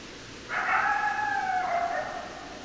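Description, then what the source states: Coyote howl, one held wavering note with rich harmonics, slightly dropping in pitch toward the end, set against a soft continuous hiss. Several coyotes, 10 December 2012.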